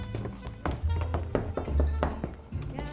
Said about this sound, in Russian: Джулиан идет в гостиную, а Натали стучится в дверь ванной.